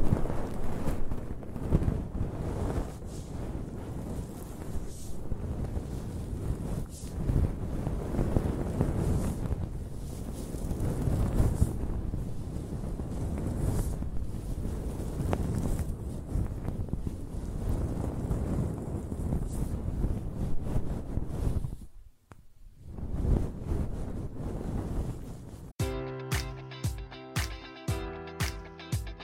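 Close-up hair scratching and stroking makes a dense, steady rustle, briefly dropping near twenty-two seconds, then regular pulsing taps take over.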